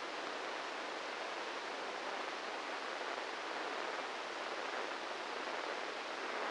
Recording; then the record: brain microelectrode recording played as sound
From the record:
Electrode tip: inside the subthalamic nucleus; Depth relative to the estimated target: -4 mm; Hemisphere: right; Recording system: NeuroSet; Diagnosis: Parkinson's disease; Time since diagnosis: 8 years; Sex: male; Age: 58 years